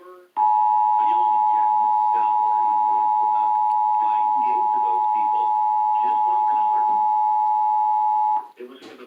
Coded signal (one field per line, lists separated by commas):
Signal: Emergency Alert System (SAME) tones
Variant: 853 and 960 Hz attention tone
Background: speech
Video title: Emergency Alert System- Required Monthly Test